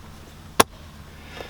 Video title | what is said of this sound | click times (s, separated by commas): How to change a Cabin Air Filter on a 2021 Subaru Crosstrek | You'll hear the nice little audible click. | 0.6 s